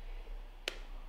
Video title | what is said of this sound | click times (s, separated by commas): Medit i900 Intraoral Scanner - Unboxing and Calibration | and Orient your scanner into the calibration tool until you hear a clicking sound | 0.7 s